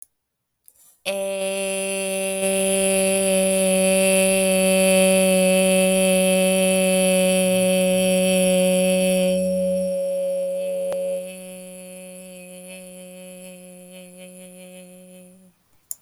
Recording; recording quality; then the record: sustained vowel as in made; excellent, no background noise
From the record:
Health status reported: healthy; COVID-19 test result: not tested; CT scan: not taken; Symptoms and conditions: none ticked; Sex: female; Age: 31 years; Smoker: no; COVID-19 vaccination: none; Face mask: not worn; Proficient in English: yes